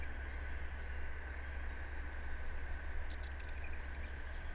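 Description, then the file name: Eurasian blue tit: after quiet, a thin high note leads into a quick run of about ten notes falling in pitch; constant low hum and a steady background band throughout. "Cyanistes caeruleus"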